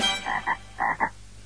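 Edible frog croaking, four short rasping pulses in two quick pairs, with a brief noisy burst at the start.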